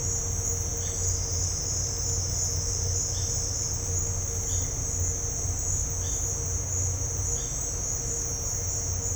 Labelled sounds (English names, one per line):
none